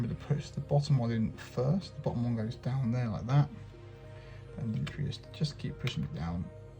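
The lower SO-DIMM memory module is pushed down into the RAM slot on the motherboard of a 2012 MacBook Pro laptop while someone talks over background music. The clip ends before the module goes home, so nothing has seated or clicked yet.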